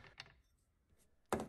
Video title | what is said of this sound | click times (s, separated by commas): DeWalt Angle Grinder Overview & Configuration. Disc install, shield install | we're going to put this one down and you're just going to have to move it until it locks into its place | 1.3 s